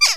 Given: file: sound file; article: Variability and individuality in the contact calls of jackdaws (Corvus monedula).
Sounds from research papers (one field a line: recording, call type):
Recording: jackdaw call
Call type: harmonic